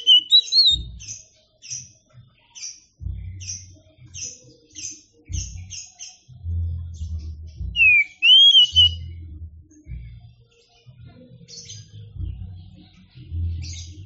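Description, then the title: Oriental magpie-robin song of rapid high chirps, broken by swooping whistled phrases, with repeated low thumps underneath. Champion singing bird. "Kicau Burung Kacer Juara"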